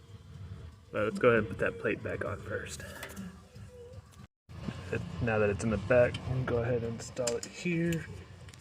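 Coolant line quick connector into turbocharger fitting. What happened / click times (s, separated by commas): Part handled while someone talks; no seating click yet / none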